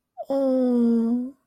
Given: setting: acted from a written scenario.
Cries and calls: vocal sound without words; adoration

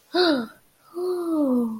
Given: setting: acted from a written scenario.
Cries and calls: vocal sound without words; interest

